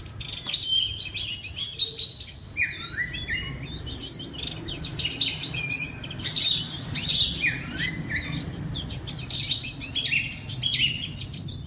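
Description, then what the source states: Oriental magpie-robin song: loud whistled and sweeping notes, some dropping in pitch, delivered in bursts with short pauses between them. Loud (keras) song in the ngeplong style.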